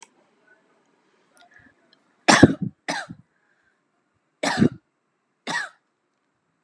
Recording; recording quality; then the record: shallow voluntary cough; excellent, no background noise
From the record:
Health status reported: healthy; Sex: female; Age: 40 years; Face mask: not worn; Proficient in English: yes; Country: India